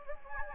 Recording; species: mosquito wingbeat signal from an infrared sensor; Anopheles gambiae